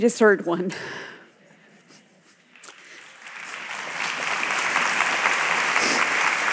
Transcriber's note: applause